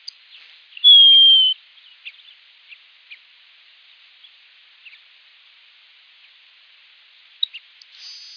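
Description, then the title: Grassland sparrow giving a single clear whistled note, slightly falling, followed by faint ticks and a soft high buzz near the end. "LuckyPassaro Completos2Sama. Grassland Sparrow (Ammodramus humeralis)"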